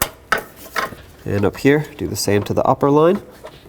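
Someone talks while handling the upper cooler line quick-connect at the radiator fitting on the passenger side of a 2003-2021 Chevrolet Express during a radiator replacement. Sharp transient knocks occur near 0.0, 0.3 and 0.8 seconds. Nothing has seated or clicked yet; the clip ends before the line goes home.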